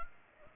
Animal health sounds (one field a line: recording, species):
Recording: mosquito wingbeat signal from an infrared sensor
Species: Anopheles arabiensis